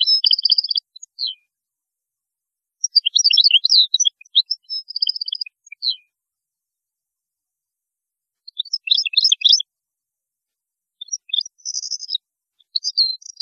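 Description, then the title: European goldfinch song: rapid tinkling, twittering phrases with buzzy trills, delivered in four bursts separated by short silences. "Chant Chardonneret"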